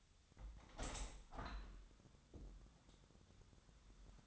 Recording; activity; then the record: daily activity, microphone in the room; open window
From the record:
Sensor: 3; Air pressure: 1006.4 hPa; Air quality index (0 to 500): 195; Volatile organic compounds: 15 ppm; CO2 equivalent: 2485 ppm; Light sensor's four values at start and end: 10/23/9/9 and 10/24/10/10